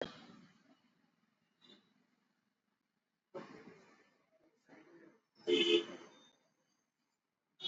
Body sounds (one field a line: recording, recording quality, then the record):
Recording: deep breathing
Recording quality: excellent, no background noise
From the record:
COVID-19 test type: RT-PCR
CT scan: not taken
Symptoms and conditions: cough, cold, fever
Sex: female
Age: 35 years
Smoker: no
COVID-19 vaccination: both doses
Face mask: worn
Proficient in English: yes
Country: India